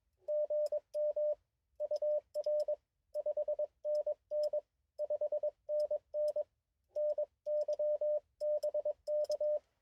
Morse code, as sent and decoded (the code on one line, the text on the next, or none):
--. -- / ..- .-. / ..... -. -. / ..... -. -. / -. -.-- -... -.-
GM UR 5NN 5NN NYBK